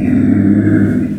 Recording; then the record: squeal of a Yucatan mini pig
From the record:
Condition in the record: after surgery on the right vocal fold (resection and tissue-engineered implant); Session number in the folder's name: 3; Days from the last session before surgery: 21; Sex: female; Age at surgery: 19 weeks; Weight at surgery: 25 kg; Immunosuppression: prednisolone